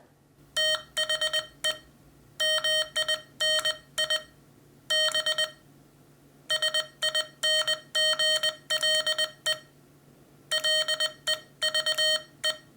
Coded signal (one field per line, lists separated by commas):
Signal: Morse code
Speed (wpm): 20 wpm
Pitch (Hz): 3100 Hz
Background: none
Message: THE MINI B SINGLE LEVE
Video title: Mini-B Miniature Single Lever/Sideswiper Morse Code Paddle by American Morse Equipment